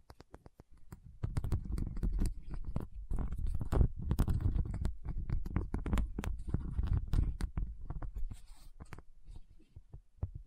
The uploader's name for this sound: Tapping Session (No Talking)